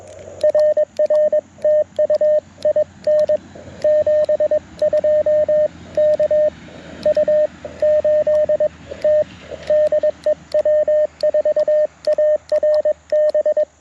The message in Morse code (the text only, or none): RR TU IN 72 KU8T DE W4ARB